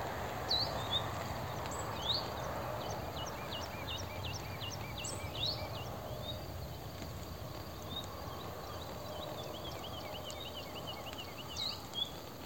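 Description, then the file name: Common nightingale: a series of short, sharp, high notes, several dropping in pitch, over heavy, steady background noise. "Luscinia megarhynchos"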